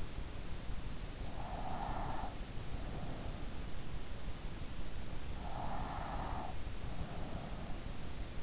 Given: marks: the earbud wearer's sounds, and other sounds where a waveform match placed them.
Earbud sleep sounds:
sounds in sleep by an in-ear microphone; breath
1.33-3.80 s: breath
5.48-8.43 s: breath

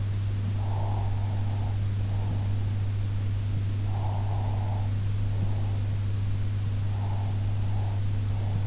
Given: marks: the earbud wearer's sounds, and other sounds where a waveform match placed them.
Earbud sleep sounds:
sounds in sleep by an in-ear microphone; breath
0.56-2.62 s: breath
3.85-5.82 s: breath
6.96-8.67 s: breath

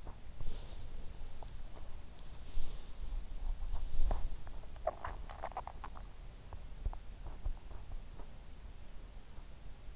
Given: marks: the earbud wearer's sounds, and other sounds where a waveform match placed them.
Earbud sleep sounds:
sounds in sleep by an in-ear microphone; body movement, swallowing
0.00-4.65 s: body movement
4.84-6.08 s: swallowing

